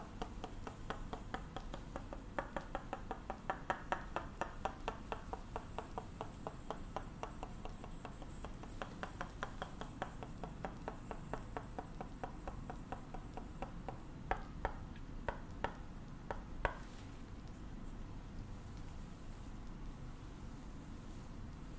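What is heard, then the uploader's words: A Tok Sen Thai hammer massage on the back and neck: fast, regular wooden taps, often in quick rolling runs, continue through most of the clip before thinning out near 17 seconds. A steady low rumble runs underneath throughout. Tok Sen Thai hammer back and neck massage.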